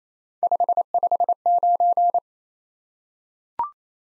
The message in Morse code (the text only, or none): 559